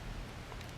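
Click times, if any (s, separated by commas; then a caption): none. A gray plastic Lego brick piece for the back windshield of a Transformers: The Last Knight Barricade build is being handled face down as it is brought to the toy robot's leg section. Only a steady, even background hiss is heard, with no sharp hits. Nothing has seated or clicked yet.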